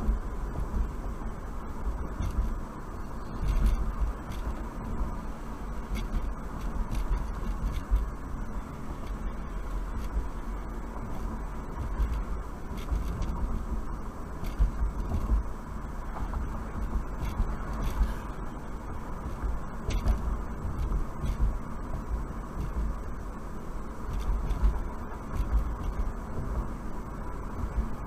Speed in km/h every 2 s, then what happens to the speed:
58, 56, 55, 50, 50, 53, 53, 58, 58, 58, 58, 56, 56, 55.
0-6 slows to 50. 6-14 speeds up to 58. 14-28 steady at about 58.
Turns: none.